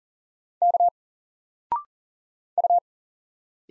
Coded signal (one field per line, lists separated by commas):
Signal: Morse code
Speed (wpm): 40 wpm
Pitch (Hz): 700 Hz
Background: none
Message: K U